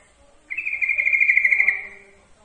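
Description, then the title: Yellow-vented bulbul song: a single sustained, finely trilled note held for over a second, then fading away. Song-tutoring (masteran) track. "Masteran Ampuh Suara Trucukan"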